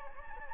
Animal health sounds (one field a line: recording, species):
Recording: mosquito wingbeat signal from an infrared sensor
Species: Anopheles gambiae